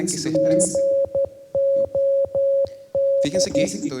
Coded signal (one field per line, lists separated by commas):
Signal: Morse code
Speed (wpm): 12 wpm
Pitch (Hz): 550 Hz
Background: speech, music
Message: GOD